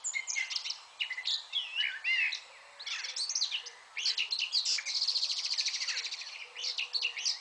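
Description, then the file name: Eurasian blackcap song: bursts of varied warbling and whistles, including a rapid trilled passage, separated by short pauses. "Sylvia atricapilla"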